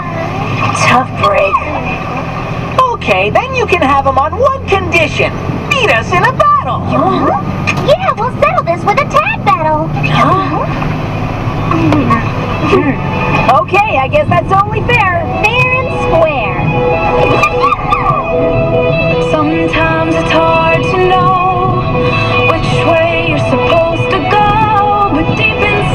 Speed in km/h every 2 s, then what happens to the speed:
81, 86, 91, 96, 100, 105, 108, 111, 112, 112, 111, 112, 112.
0-13 speeds up to 111. 13-26 steady at about 112.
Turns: none.